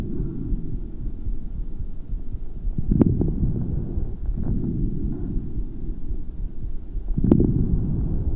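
Coarse crackles heard over adult lungs through a stethoscope.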